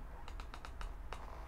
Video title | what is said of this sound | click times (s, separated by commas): 2022 Ford Transit Connect Cargo Van - The sky's the limit with this micro van | headrest itself is actually a four-way adjust so you can hear the clicking there | 0.3 s, 0.4 s, 0.5 s, 0.6 s, 0.8 s, 1.1 s